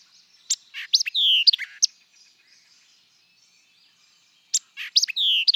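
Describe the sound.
White-eyed vireo song, an emphatic phrase of chips and a downslurred whistle, given twice about four seconds apart.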